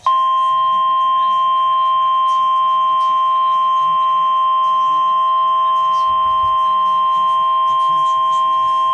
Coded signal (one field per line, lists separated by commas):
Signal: Emergency Alert System (SAME) tones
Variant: 1050 Hz attention tone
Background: speech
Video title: Two severe thunderstorm warnings ⛈⚠️ for central South Carolina on NOAA weather radio/TV (03-02-20)